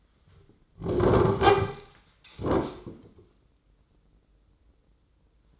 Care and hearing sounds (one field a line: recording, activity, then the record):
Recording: daily activity, microphone in the room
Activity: sit down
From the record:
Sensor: 3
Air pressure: 996.0 hPa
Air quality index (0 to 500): 244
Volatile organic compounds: 1000 ppm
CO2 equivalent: 6240 ppm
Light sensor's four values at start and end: 38/91/40/43 and 37/90/39/42